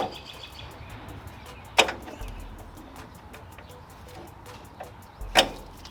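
An old, dirt-caked snap-in fitting on a 1961 Impala 4-door is pried out of the car body with a large screwdriver during a brake conversion. Faint scraping and small knocks from several prying attempts are followed by one sharp, loud pop at 5.4 s as the fitting comes free and is released.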